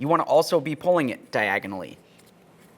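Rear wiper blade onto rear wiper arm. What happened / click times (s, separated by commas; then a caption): Handled, not yet seated: no click from the part / none. A new rear wiper blade for a 2009-2019 Ford Flex is handled at the slot on the rear wiper arm, where it is pressed in while being pulled diagonally rearward. Someone talks for most of the clip, then it goes quiet after about 1.9 s. Nothing has seated or clicked yet.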